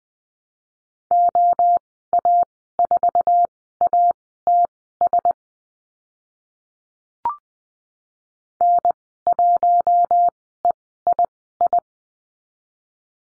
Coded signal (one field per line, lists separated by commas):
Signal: Morse code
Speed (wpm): 20 wpm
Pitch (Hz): 700 Hz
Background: none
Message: OA4ATS N1EII